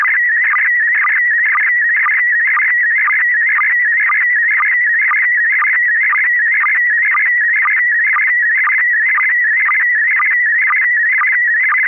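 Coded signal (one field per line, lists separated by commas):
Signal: SSTV (slow-scan television)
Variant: PD 120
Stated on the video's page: SSTV net on an FM repeater at 441.300 MHz, images sent with MMSSTV software.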